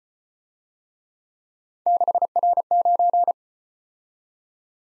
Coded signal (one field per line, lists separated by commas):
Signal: Morse code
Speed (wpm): 34 wpm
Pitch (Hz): 700 Hz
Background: none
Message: 6R9